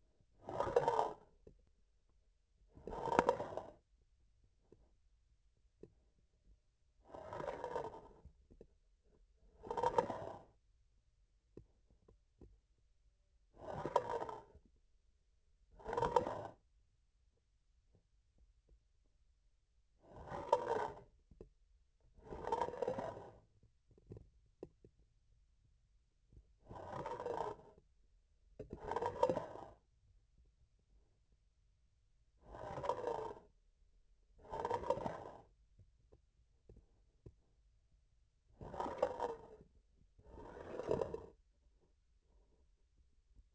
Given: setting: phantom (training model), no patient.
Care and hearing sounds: laparoscopic instrument, vibration sensor on the handle end; grasping forceps; approaching and retracting movements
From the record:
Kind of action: spatial motion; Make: other than Olympus

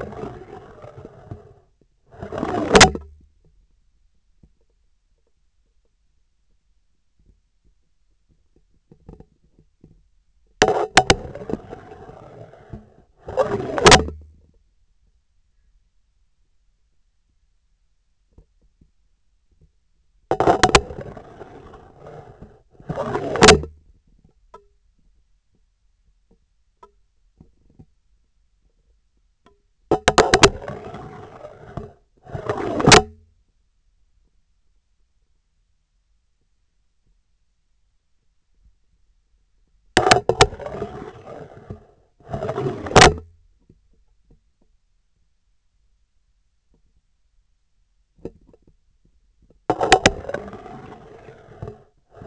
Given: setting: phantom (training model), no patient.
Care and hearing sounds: laparoscopic instrument, vibration sensor on the handle end; scissors; insertion and removal through the trocar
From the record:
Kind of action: spatial motion

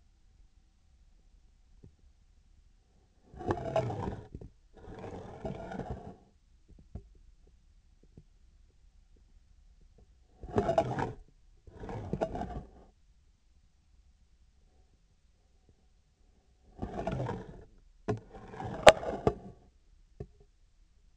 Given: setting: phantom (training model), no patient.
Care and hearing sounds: laparoscopic instrument, vibration sensor on the handle end; scissors; approaching and retracting movements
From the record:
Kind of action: spatial motion

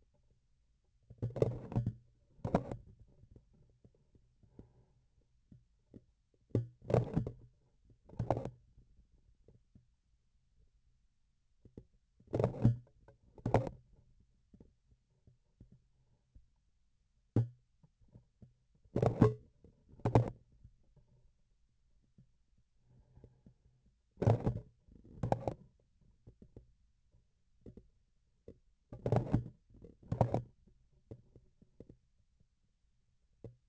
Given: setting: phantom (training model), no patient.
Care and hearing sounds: laparoscopic instrument, vibration sensor on the handle end; grasping forceps; opening and closing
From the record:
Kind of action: tool actuation without material contact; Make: other than Olympus

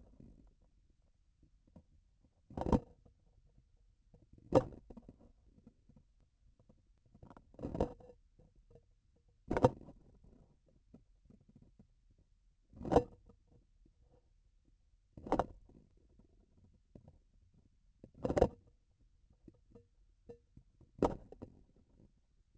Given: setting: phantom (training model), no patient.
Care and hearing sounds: laparoscopic instrument, vibration sensor on the handle end; grasping forceps; opening and closing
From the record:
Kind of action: tool actuation without material contact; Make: Olympus

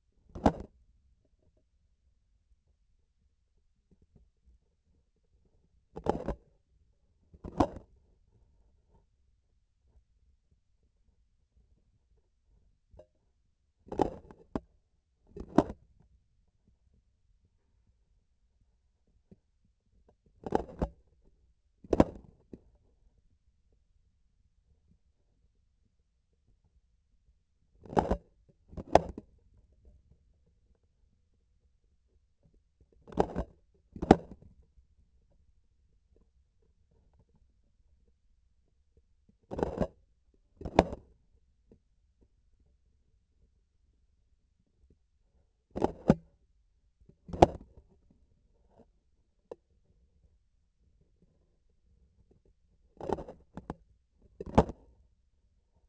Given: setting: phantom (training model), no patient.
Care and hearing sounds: laparoscopic instrument, vibration sensor on the handle end; grasping forceps; opening and closing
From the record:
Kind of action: tool actuation without material contact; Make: other than Olympus

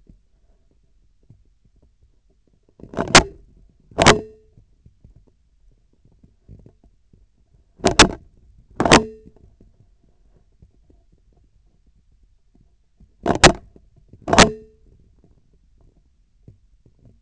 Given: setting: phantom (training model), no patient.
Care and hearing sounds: laparoscopic instrument, vibration sensor on the handle end; scissors; opening and closing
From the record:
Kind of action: tool actuation without material contact

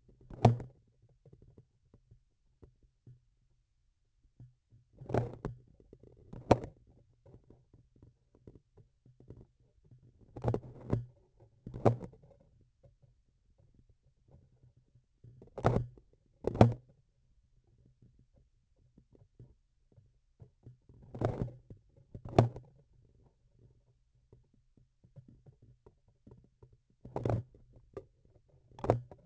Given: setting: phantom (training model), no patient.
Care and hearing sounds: laparoscopic instrument, vibration sensor on the handle end; grasping forceps; opening and closing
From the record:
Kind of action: tool actuation without material contact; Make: other than Olympus

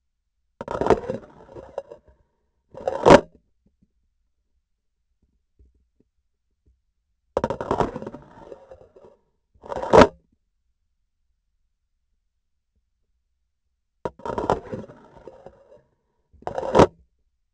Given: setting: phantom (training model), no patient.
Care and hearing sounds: laparoscopic instrument, vibration sensor on the handle end; grasping forceps; insertion and removal through the trocar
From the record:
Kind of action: spatial motion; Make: other than Olympus

